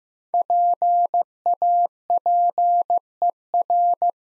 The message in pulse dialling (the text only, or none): none